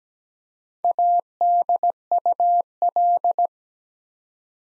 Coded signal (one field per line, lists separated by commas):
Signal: Morse code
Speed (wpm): 17 wpm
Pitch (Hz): 700 Hz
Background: none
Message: ADUL